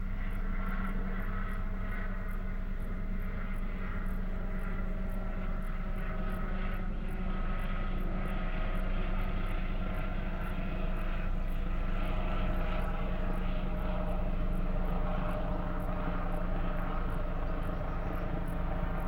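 Country sounds dominated by a steady, deep engine drone, much like a propeller aircraft, holding at an even loudness for the whole stretch. Faint, fast, regular high ticks run over it from start to finish.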